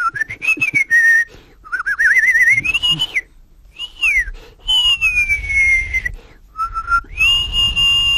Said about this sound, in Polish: Bo ja i gwizdać umiem.